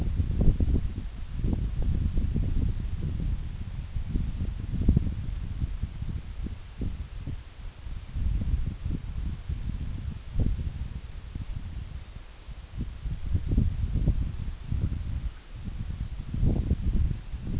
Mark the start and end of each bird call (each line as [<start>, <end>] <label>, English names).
[13.77, 17.58] White-rumped Sandpiper